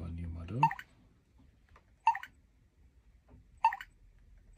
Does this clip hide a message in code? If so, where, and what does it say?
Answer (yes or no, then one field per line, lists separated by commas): no